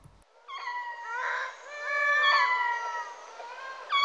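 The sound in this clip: Lemur wailing calls, drawn-out harmonic moans that bend and waver, with a new wail starting at the very end.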